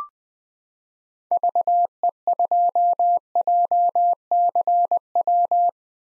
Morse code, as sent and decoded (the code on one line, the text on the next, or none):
...- . ..--- .--- -.-. .--
VE2JCW